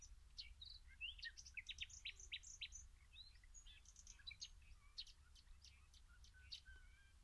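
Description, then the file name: Common nightingale song, a quick run of varied chirps, trills and short whistled notes, high-pitched, with a low rumble of background noise. "Luscinia megarhynchos"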